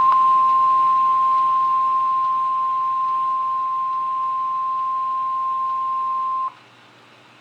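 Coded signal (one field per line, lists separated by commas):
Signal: Emergency Alert System (SAME) tones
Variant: 1050 Hz attention tone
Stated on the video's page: NOAA weather radio alert recorded during a statewide tornado drill.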